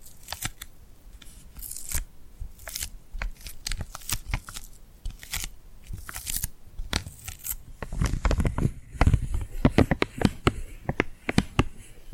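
Tingly glued hand sounds: dense sticky peeling and crackling snaps, irregular and bright, growing busier and louder after eight seconds.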